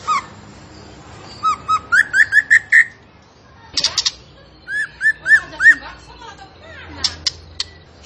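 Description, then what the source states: Zebra finch song: two rapid bursts of short, clear notes, mixed with a few harsh buzzy notes and faint high chirps. A songbird singing vigorously (gacor), used as a model for caged birds to learn from.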